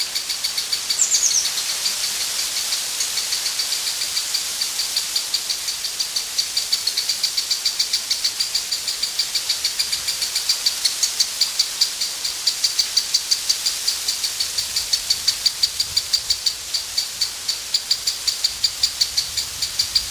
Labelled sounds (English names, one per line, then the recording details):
Lesser Spotted Woodpecker
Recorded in the wild
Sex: diverse
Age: diverse
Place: Mühlenbecker Land, OT Summt, Brandenburg, DE
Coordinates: 52.6931, 13.3619
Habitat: garden
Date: 1983-06-04 12:56
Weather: overcast, 18-26°C, light winds
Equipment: Nagra SN, Kopie Uher 4000 Monitor Report
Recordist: Tembrock, Günter